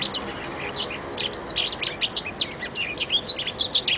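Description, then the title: Oriental magpie-robin song, a rapid, varied stream of high whistles, slurred notes and sharp chips, continuous throughout with slight background hiss. "Kicau Kacer"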